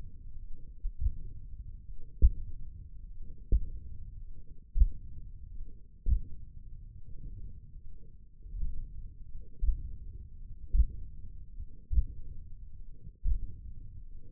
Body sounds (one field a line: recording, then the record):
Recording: forearm muscle sounds (acoustic myography)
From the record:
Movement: index flexion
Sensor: system 1, eight BSWA MPA416 microphones around the upper forearm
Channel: 3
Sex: male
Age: 20 years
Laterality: left